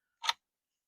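A tool twisted against the clamp of a Hi-Point 995TS/4095TS/4595TS carbine's plastic shroud releases the spring-loaded retaining pin with a short, bright tick at 0.3 s. The pin pops out, and the clip is silent before and after.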